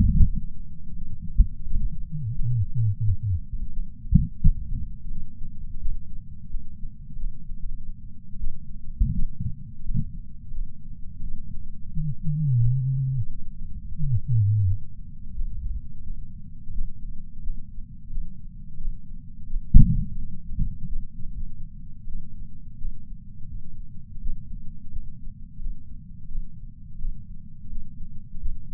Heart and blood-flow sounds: heart sounds by patch sensor on the chest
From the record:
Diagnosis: coronary artery disease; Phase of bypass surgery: postoperative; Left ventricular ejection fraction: 65.4%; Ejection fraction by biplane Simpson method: 64.8%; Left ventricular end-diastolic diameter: 41 mm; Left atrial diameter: 37 mm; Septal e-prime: 8.8 cm/s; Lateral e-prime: 8.1 cm/s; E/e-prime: 9.9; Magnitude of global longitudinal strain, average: 18.9%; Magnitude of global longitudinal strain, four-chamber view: 23.8%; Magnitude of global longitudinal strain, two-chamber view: 17.7%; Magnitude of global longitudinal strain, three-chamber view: 15.3%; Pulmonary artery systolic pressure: 36 mmHg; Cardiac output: 4.4 L/min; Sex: male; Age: 76 years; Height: 165 cm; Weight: 79 kg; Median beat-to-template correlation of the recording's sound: 0.64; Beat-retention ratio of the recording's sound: 0.99

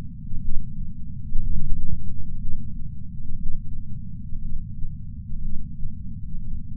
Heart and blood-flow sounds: heart sounds by patch sensor on the chest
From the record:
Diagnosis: coronary artery disease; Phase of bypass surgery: preoperative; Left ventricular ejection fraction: 56.8%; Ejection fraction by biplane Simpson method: 51.5%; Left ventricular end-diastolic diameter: 44 mm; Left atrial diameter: 36 mm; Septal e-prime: 5.5 cm/s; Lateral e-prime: 7.2 cm/s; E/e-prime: 9.8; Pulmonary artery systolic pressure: 20 mmHg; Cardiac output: 4.1 L/min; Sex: male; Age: 71 years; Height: 160 cm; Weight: 67 kg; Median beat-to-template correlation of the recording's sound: 0.83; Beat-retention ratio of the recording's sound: 0.99

